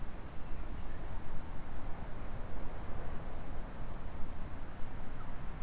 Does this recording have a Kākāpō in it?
no